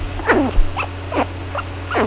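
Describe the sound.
Chinchilla squeaking: five short squeaks sweeping downward, a little under half a second apart, over a low steady hum.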